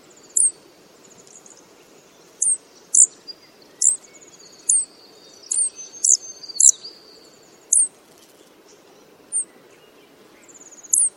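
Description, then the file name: Blue flycatcher alarm calls: sharp, very high chips given singly at irregular intervals, some in quick pairs, with a faint thin high trill between them. "suara alarm panggilan cikrakperi biru omkicau"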